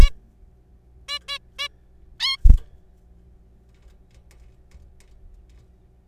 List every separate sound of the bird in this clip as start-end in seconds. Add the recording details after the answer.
0.01-0.10, 1.08-1.19, 1.28-1.39, 1.59-1.68, 2.20-2.37. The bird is a juvenile. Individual R3428